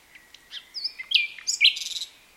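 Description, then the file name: Common nightingale song phrase of varied whistled notes and buzzy, rich bursts, rising in loudness and then fading at the end. "Luscinia megarhynchos"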